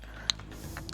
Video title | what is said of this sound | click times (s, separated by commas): అమెరికాలో నా కొత్త Crossbow! 🏹 Coke Bottle Test & First Experience - Telugu USA | lock అయింది చూశరా ఇప్పుడు | 0.3 s